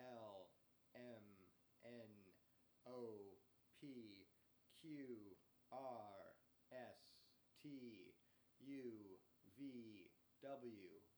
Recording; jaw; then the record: letters of the alphabet, spoken; free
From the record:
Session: first day, before the bite bar